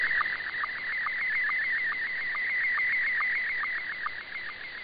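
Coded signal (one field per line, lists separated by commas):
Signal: SSTV (slow-scan television)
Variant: Scottie 1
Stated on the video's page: SSTV received via HAARP on 6900 kHz AM, with much better reception than the previous night.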